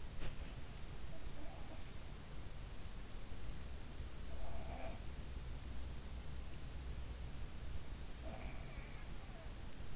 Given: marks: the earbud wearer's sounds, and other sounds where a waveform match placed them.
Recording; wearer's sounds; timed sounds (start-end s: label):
sounds in sleep by an in-ear microphone; body movement
0.00-0.55 s: body movement
0.98-2.09 s: sound from someone else or the room
4.20-5.04 s: sound from someone else or the room
8.10-9.56 s: sound from someone else or the room